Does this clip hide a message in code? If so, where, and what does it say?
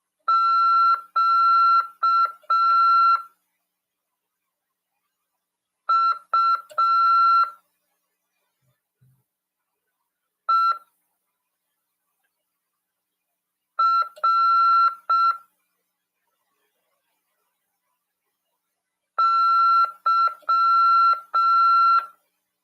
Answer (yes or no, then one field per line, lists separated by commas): yes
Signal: Morse code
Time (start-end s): 0.3-22.0 s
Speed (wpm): 6 wpm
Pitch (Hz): 1350 Hz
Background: none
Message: QUERY